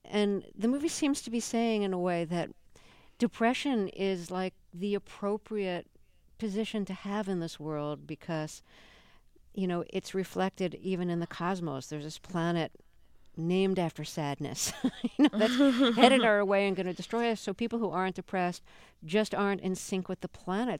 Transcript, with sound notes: And the movie seems to be saying, in a way, that depression is, like, the appropriate position to have in this world because, you know, it's reflected even in the cosmos. There's this planet named after sadness...
(SOUNDBITE OF LAUGHTER)
...you know, that's headed our way and going to destroy us. So people who aren't depressed just aren't in sync with the planets.